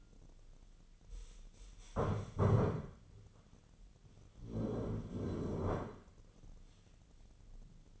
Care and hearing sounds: daily activity, microphone in the room; stand up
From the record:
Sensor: 4

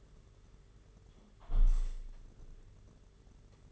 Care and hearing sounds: daily activity, microphone in the room; close window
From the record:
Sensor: 4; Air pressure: 992.1 hPa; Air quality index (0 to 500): 100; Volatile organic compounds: 12 ppm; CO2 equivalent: 2350 ppm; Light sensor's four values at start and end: 23/78/28/30 and 22/77/28/30

